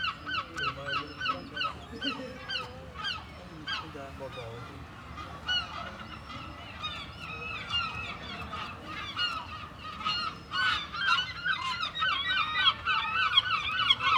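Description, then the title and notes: Gulls calling in loud, harsh, repeated yelping notes, several birds overlapping throughout, with a steady low rush of background noise. Seagulls at Mers-les-Bains seafront, France, with waves in the distance and people walking past; recorded with DPA 4060 AB pair into Zoom F3. "66 Esp. du Général Leclerc, 80350 Mers-les-Bains, France - Seagulls and people. Seagulls, waves in the distance, people passing by. Mouettes, vagues dans le lointain, promeneur·euses"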